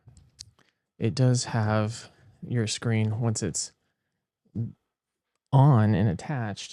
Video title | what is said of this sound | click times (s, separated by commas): Starlink Mini with Veritas Vans and Peakdo LinkPower V2 Power Bank | and it clicks right in. So, no issues with that. | 0.4 s